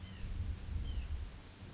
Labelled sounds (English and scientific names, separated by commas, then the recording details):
White-breasted Nuthatch (Sitta carolinensis)
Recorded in Sonoma County, California